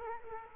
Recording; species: mosquito wingbeat signal from an infrared sensor; Culex quinquefasciatus